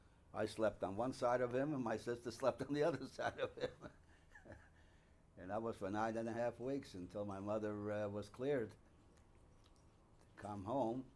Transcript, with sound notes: I slept on one side of him and my sister slept on the other side of (he laughs) And that was for nine and a half weeks until my mother was cleared to come home.